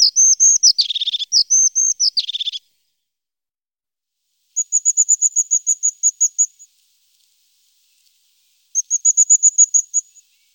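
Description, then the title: Crested tit giving high notes mixed with buzzy purring trills, then two separate runs of rapid, thin, high-pitched ticking notes. Songbird from Germany, Austria and Switzerland. "Haubenmeise"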